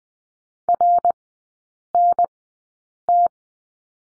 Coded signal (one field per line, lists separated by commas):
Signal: Morse code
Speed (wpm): 20 wpm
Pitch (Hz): 700 Hz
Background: none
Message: RNT